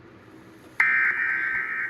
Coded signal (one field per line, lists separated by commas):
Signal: Emergency Alert System (SAME) tones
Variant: end-of-message bursts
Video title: The Creepy Addi (EAS Scenario)